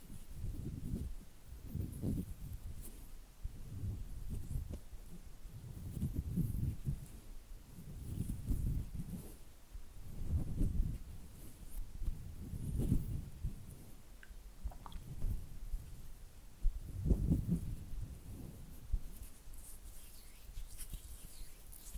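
Oily hands and fluttering fingers make soft, low, squelchy swells that come in uneven bursts about every one to two seconds. Faint wet crackles and ticks sit above them, with a couple of brief squeaks around the fifteen-second mark.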